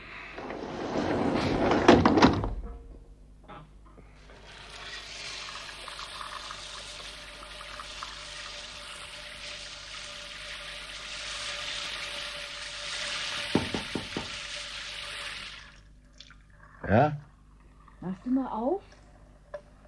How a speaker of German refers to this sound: Ich dusche mich.